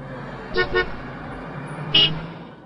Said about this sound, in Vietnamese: Trên đường, tiếng còi ô tô ầm ĩ.